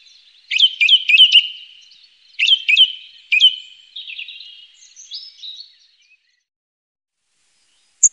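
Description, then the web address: Song thrush song: a clipped, sharp whistled phrase repeated four times, then repeated three times more, followed by softer warbles, silence and a brief high note at the end. "Faglar Sound Taltrast"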